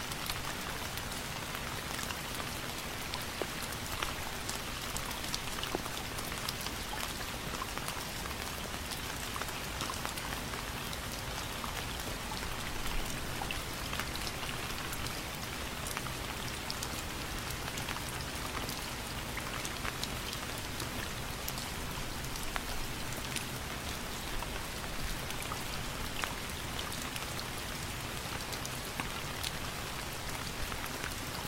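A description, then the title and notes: A continuous drizzle falls steadily, a dense, even hiss of fine drops tapping on a surface with no pauses or build-up. The patter is bright, with countless tiny ticks, while a faint low hum runs underneath throughout. Continuous drizzle.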